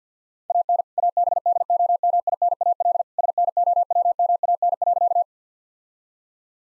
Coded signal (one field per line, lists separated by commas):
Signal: Morse code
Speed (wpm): 50 wpm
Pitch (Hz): 700 Hz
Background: none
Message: AN ABDOMINAL SNOWMAN.